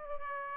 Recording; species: mosquito wingbeat signal from an infrared sensor; Aedes aegypti